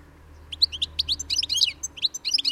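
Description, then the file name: European goldfinch twittering in quick, liquid chirps and buzzy tinkling notes, a busy run of high bright sounds over faint background hum. "Carduelis carduelis"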